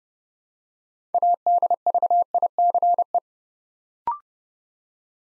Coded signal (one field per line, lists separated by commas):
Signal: Morse code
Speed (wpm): 28 wpm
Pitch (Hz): 700 Hz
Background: none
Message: ADVICE